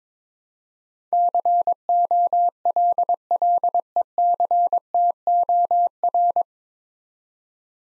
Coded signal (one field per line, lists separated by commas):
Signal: Morse code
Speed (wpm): 22 wpm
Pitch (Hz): 700 Hz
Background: none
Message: COLLECTOR